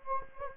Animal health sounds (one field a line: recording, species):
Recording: mosquito wingbeat signal from an infrared sensor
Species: Anopheles gambiae